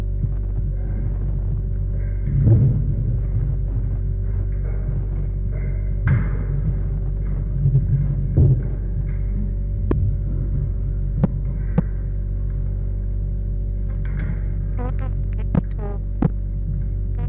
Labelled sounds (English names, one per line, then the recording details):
Chimpanzee
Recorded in captivity
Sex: diverse
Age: adult
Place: Tierpark Berlin, Berlin, DE
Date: 1961-01-12
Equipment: Smaragd
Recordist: Korde and Stein